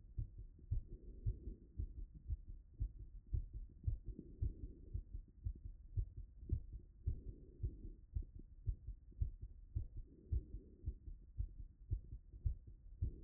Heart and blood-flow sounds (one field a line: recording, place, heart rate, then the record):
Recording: heart sounds by stethoscope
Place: Erb's point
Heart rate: 110 bpm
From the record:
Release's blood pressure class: hypertension stage 1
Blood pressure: 150/87 mmHg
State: after exercise